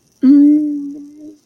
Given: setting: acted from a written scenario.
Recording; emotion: vocal sound without words; confusion